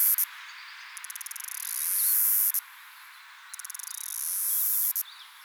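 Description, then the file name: Cicada song in which a rapid run of clicks speeds into a loud, sustained high buzz that ends suddenly; the pattern happens twice. Recorded at Yarraman. "Myopsalta umbra Yarraman"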